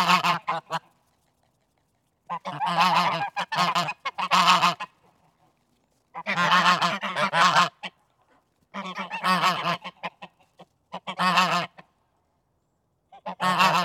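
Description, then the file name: Goose: geese honking in loud, ragged bursts of overlapping nasal calls, separated by short silent gaps. Geese outdoors. "Digiffects Sound Effects Library - Geese Outdoors Version 3"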